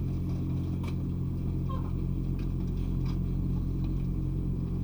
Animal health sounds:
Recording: poultry house recording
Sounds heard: sick chickens (respiratory disease)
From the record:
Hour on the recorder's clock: 0

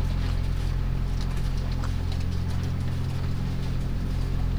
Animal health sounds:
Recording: poultry house recording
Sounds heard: sick chickens (respiratory disease)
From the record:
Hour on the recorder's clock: 2

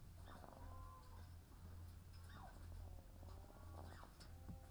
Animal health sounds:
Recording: poultry house recording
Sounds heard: sick chickens (respiratory disease)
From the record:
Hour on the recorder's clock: 15

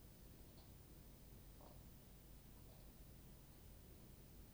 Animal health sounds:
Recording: poultry house recording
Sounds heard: no chicken sound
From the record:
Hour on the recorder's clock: 21

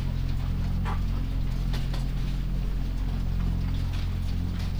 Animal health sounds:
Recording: poultry house recording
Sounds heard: sick chickens (respiratory disease)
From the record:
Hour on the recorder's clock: 3

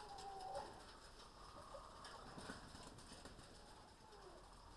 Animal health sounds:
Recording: poultry house recording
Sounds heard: healthy chickens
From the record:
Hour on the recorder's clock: 19

